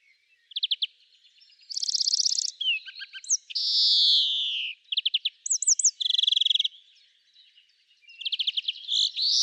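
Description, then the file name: European greenfinch song mixing rapid rattling trills, looping whistled notes and a drawn-out buzzy wheeze, delivered in quick varied phrases. "Chloris chloris"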